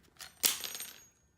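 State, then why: Released. Pushing the ejection knob on a Festool Carvex jigsaw releases the hot metal blade from the blade clamp, so it can be changed without touching it and burning a hand. After a faint click near 0.2 s, a sharp metallic clatter comes at 0.5 s as the blade drops out, followed by a smaller rattle and a ringing tail. The blade is released.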